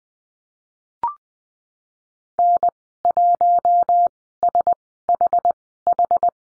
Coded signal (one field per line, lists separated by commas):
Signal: Morse code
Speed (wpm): 20 wpm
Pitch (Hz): 700 Hz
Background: none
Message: N1SHH